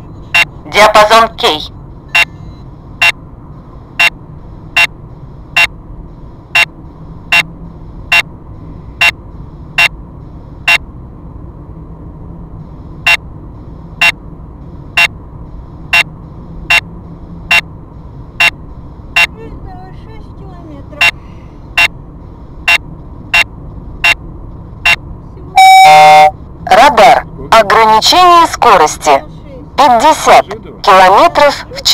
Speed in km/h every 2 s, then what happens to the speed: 46, 45, 45, 47, 48, 48, 48, 48, 49, 49, 49, 49, 49, 50, 48, 46.
0-32 steady at about 48.